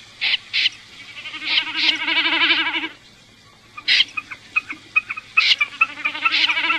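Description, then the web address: Common snipe calling with sharp separate notes and wavering, nasal bleat-like sounds that rise and fall, with gaps between bursts. Filtered. "FILTERED BECCACCINO"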